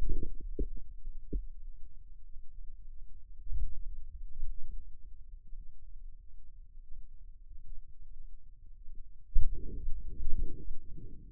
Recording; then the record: forearm muscle sounds (acoustic myography)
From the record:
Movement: pen grasping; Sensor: system 2, bracelet of six BSWA MPA416 microphones around the upper forearm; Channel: 6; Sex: male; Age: 22 years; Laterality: right